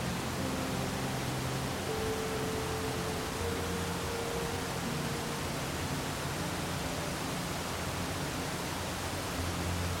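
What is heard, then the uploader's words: A waterfall pours in a steady, dense rush that fills everything from deep rumble to bright hiss, never changing in level. Underneath, soft music drifts faintly as low sustained tones, with a longer held note between about two and five seconds. A melodious waterfall coupled with soft music. The harmonious murmur of the water and the subtle interplay of notes.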